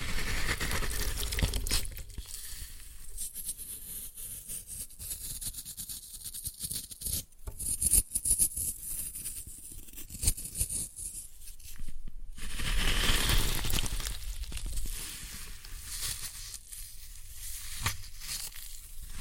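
Floral foam being crushed and torn, with a continuous gritty crumbling and crackling that thickens and thins throughout. Sharp snapping bursts cut through around 7 to 8 seconds and again near 12 seconds, while denser grinding swells around 13 seconds and after 17 seconds.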